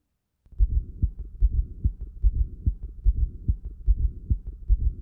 From a patient with hypertension and a loud fourth heart sound. The loud first and second heart sounds. Just prior to the first heart sound, there is a very low pitch sound, S4, caused by atrial emptying into a hypertrophied, non-compliant left ventricle. This is best heard using the bell.